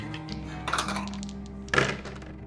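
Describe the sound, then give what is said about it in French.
Dice clatter across a hard tabletop in two quick bursts of rattling clicks, the second sharper and louder, with a few lighter taps between them and a low steady hum underneath. “Je suppose que je lance les dés.”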